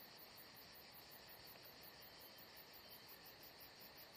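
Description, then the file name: Crickets chirp in quick, shrill repeated pulses, a constant high chorus over quiet background hiss. Crickets atmosphere at Saint-Jean-de-Luz. "Saint Jean De Luz Crickets Atmosphere Only Paul Parker Sven Jungbeck"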